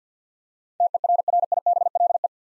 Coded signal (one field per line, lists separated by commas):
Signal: Morse code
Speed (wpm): 50 wpm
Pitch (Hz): 700 Hz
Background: none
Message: TERRIBLE